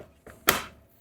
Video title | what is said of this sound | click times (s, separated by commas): Stop Overpaying! The Best Value AMD Gaming PC Build for 2026 | And here it's snapped in place. | 0.5 s